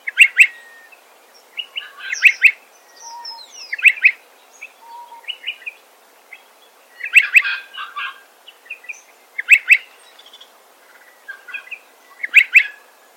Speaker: You can hear striated pardalote eating lerps in the tree canopy.